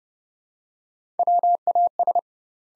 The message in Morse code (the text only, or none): WAS